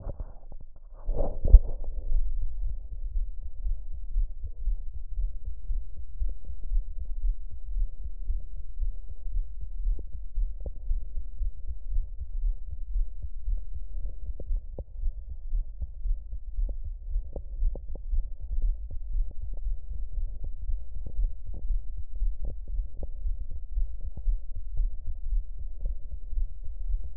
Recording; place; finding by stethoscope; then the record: heart sounds by stethoscope; aortic valve (AV); normal heart sounds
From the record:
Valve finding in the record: normal valve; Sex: female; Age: 47 years